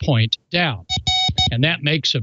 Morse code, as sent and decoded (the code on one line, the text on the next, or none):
none